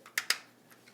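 The head section of a TakaraTomy Masterpiece MP-29 Shockwave (Destron Laserwave) plastic transforming robot figure is pulled up out of the chest during transformation. Two sharp clicks sound at 0.2 s and 0.3 s as it locks into place and fills the gap, with faint light handling noise around them. The head section is seated.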